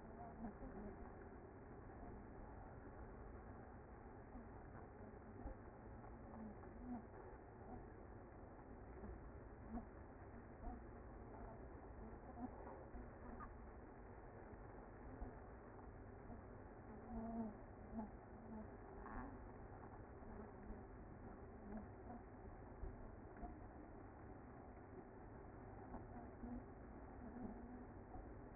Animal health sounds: honeybee colony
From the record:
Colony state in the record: active

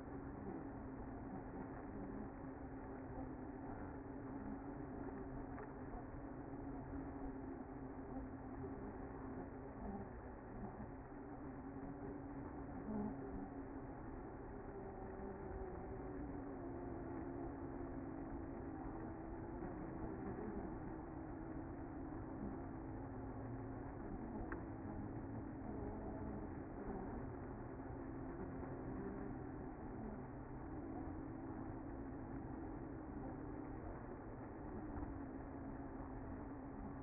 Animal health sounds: honeybee colony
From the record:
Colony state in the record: active

